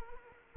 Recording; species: mosquito wingbeat signal from an infrared sensor; Anopheles arabiensis